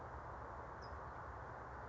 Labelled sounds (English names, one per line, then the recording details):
California Towhee
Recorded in Sonoma County, California